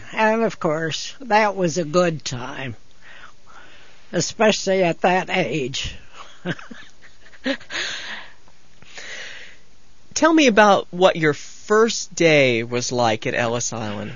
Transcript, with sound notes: And, of course, that was a good time, especially at that age. (she laughs)
Tell me about what your first day was like at Ellis Island.